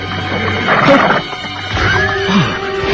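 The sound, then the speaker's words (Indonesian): A wild boar squeals and grunts loudly in a few rough, shrill bursts over a continuous low rumbling background, with the calls rising and falling in pitch. “Seekor babi hutan.”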